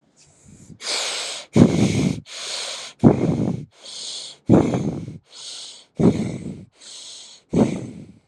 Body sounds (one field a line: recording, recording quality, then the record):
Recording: shallow breathing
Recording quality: excellent, no background noise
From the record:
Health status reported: healthy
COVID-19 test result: negative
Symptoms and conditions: cough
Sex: male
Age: 22 years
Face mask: not worn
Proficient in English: yes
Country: India